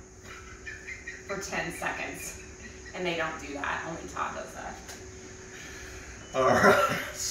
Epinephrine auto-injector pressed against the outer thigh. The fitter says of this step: Right here, you're going to press down. You're going to hear a click, and you're going to hold